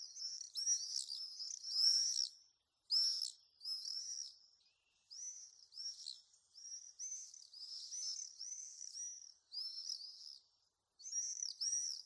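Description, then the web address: Common swift screaming calls: shrill, buzzy, high-pitched bursts repeated irregularly with short gaps. "sound Common-swift. دانلود-صدای-پرنده-بادخورک-معمولی"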